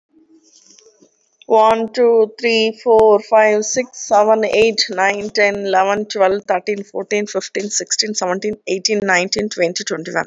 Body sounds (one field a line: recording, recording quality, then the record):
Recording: sustained vowel as in boot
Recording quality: poor, much background noise or distortion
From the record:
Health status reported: recovered from COVID-19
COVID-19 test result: positive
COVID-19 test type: RT-PCR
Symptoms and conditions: cough, cold, sore throat, fever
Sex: female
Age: 44 years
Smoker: no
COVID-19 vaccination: both doses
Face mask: worn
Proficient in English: yes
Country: India